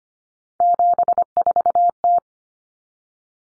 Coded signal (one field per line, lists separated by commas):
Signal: Morse code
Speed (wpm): 25 wpm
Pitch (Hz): 700 Hz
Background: none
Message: 74T